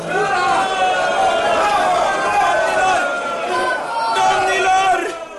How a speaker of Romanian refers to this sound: Domnilor! Vă rog frumos, nu mai strigați așa! Nu este distins să țipați așa tare!